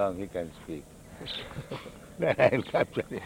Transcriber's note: laughs